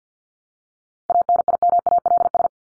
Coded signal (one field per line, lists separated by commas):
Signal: Morse code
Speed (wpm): 48 wpm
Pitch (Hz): 700 Hz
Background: none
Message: ANIMALS